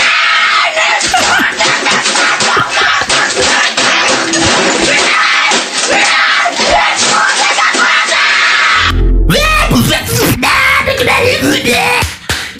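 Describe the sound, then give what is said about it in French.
A man screams loudly and almost without pause, a raw, strained, high-pitched howl that stays intense for about nine seconds before breaking into rougher, choppier bursts near the end. “Mais pourquoi lui, il a le droit de crier?”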